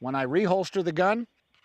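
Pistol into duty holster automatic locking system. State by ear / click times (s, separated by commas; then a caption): not seated / none. Someone reholsters a pistol into a Safariland model 6360 polymer duty holster with the Automatic Locking System (ALS). Someone talks for about the first 1.2 seconds, then it goes quiet with only a few faint, small handling sounds around 1.5 to 1.7 seconds. Nothing has seated or clicked yet; the pistol is not yet locked into the holster.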